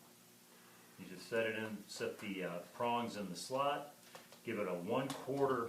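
Someone talks while the prongs of a Tower Garden T5 fluorescent grow light tube are set into the slots of the light fixture socket, ready for a quarter twist. Steady low hum under the talk, no distinct handling sounds. Nothing has seated or clicked yet.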